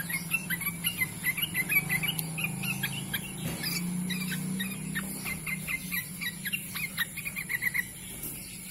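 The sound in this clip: Bird song of short, sharp chirps around the same pitch, repeated quickly, over a low hum and a constant high whine.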